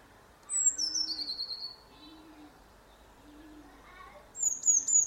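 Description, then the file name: Eurasian blue tit giving high, thin, descending call notes at start and end, with soft low hooting notes repeated in the background. "Cyanistes caeruleus"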